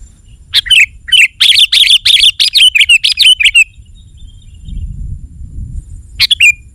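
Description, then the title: Sooty-headed bulbul song: a quick run of bright, bubbly chirped notes lasting about three seconds, then a pause and one short closing phrase. "kutilang"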